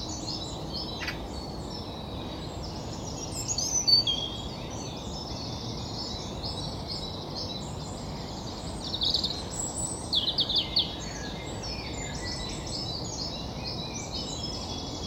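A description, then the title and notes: A dawn chorus in Highfield Park, Manchester: many birds chirp and trill together in a dense, high, overlapping layer that runs throughout. A steady low rumble fills the background, and brighter calls stand out near four seconds and again around nine to eleven seconds. Dawn Chorus in Highfield Park, Manchester. Recorded in Levenshulme on the morning.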